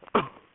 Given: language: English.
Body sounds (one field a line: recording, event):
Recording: throat vibration sensor signal played as sound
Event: cough